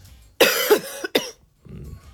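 Two short, harsh cough bursts, the first with a doubled push, against a quiet radio studio. It is a deliberate fake cough made into the microphone on request by an adult who has been sick with a runny nose all week, rather than a spontaneous one, so it gives no clear sign of chest congestion.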